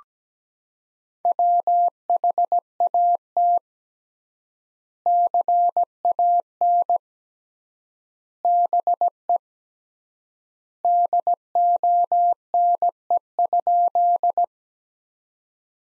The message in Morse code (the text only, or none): WHAT CAN BE DONE?